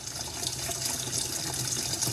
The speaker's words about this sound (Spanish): Y pues en este proceso una de las personas que me acompaña siempre está ahí jugando con el agua de la pileta y abriéndole a la llave para que haya más agua y yo seguir lavando.